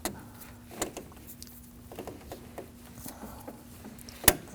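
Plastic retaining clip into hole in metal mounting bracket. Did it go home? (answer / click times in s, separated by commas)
yes / 4.3 s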